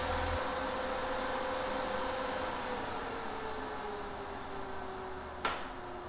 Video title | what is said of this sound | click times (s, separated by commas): HiLite Power 3D Unboxing - how to install (EN) | Avez-vous entendu le clic et le bip ? | 5.4 s